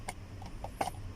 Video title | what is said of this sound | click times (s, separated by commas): วิธีตรวจเช็คฟิวส์รถยนต์ดีแม็กออนิว#ฟิวส์รถยนต์ดีแม็ก #fuse Dmax | มันก็นี้มันเข้าล็อคกันนะครับอย่างเงี้ยโอ้นี่ | 0.1 s, 0.8 s